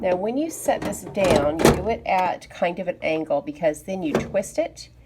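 A bread pan is lowered at an angle into a bread maker, ready to be twisted until it locks, while someone talks throughout. Only soft handling sounds are heard under the voice. Nothing has seated or clicked yet; the clip ends before the pan is twisted home.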